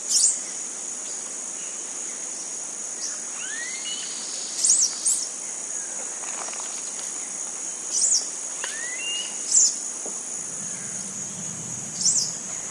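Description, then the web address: Yellow-bellied dacnis uttering sharp, very high chips in small clusters, with a few lower rising whistles and a constant shrill insect drone. Recorded in the eastern lowlands of South America. "Natures Songs S America Eastern Lowlands Yellow-bellied Dacnis"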